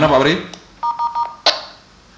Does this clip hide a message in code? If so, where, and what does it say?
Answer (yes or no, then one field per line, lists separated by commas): no